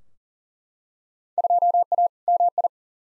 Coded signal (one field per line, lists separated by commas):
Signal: Morse code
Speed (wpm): 40 wpm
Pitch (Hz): 700 Hz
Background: none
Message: 2A MI